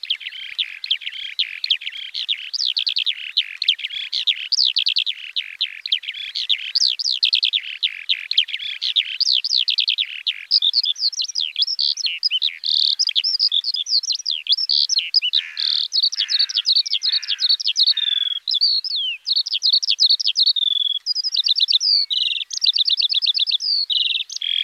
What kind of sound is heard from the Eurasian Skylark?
song